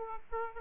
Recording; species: mosquito wingbeat signal from an infrared sensor; Aedes aegypti